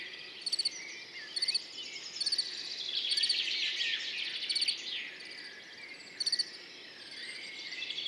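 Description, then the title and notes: Field cricket's pulsed chirps recur about once a second among dense, overlapping bird songs and twitters. Recorded among orchids on Montagne du Puy, 10 June 2019, in the morning after a mild night; continuous song, with birds waking and insects warming up behind; Nagra Seven, MKH40, stereo. "10 juin 2019-Montagne du Puy - Nagra seven - mkh40-stéréo Ce matin comme la nuit a été douce le grillon champêtre continu sont train train sonore."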